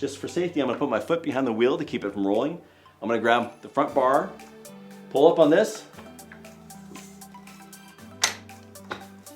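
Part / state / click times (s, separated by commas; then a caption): fold lock latch on a folding power wheelchair frame / seated / 8.2 s. Someone talks while bracing a foot behind the wheel of a Journey Health Zoomer folding power wheelchair to keep it from rolling, then pulls up on the front bar so the metal frame folds over upbeat music. The fold lock latch on the frame clicks locked at 8.2 s, securing the chair so it doesn't unfold while being moved around.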